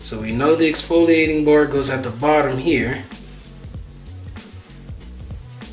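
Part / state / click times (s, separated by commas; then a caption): razor blade cartridge into razor handle / not seated / none. A plastic Gillette Labs razor blade cartridge, exfoliating bar at the bottom, is lined up and handled against the razor handle while someone talks, with music playing under the first three seconds. After that, quieter handling noises follow, including a brief tap near 5.0 s. Nothing has seated or clicked yet.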